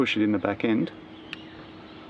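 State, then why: Seated. A crimped contact pin is pushed into the back of a male solar cable connector housing until its internal metal collar engages, seating the pin. Someone talks during the first 0.9 seconds. A short, sharp click comes at 1.3 seconds against a low background hum.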